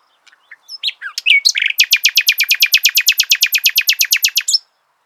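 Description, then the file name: Common nightingale song phrase: scattered quiet notes and sliding whistles, then a long, steady, machine-gun series of many sharp clicking notes ending in a brief upslur. "Luscinia megarhynchos"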